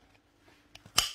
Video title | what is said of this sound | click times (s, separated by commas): Sac à Dos Randonnée Trekking Camping 35L Imperméable Sac, Bien pensé, léger, des fermetures partout | Voilà, et d'ailleurs quand on le ferme, on entend vraiment bien s'enclencher. | 1.0 s